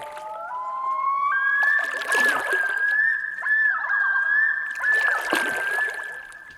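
Loon wailing in long rising notes that step up and hold steady, with wavering tremolo passages and splashy bursts of water noise.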